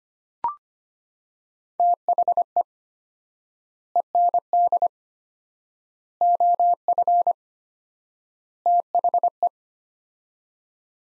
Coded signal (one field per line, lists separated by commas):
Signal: Morse code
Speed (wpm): 25 wpm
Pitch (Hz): 700 Hz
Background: none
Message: THE END OF THE